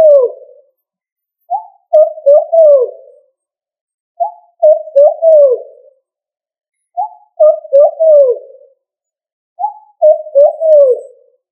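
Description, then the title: Pigeon cooing: soft, low coos in short phrases of three or four notes, each phrase repeated roughly every two and a half seconds in an otherwise silent background. "Familia Columbidae Pomba"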